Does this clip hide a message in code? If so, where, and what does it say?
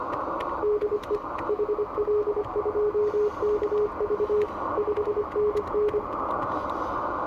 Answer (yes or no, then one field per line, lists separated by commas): yes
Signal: Morse code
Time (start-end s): 0.6-6.0 s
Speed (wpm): 25 wpm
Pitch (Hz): 420 Hz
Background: radio noise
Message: DE HL2KV 5NN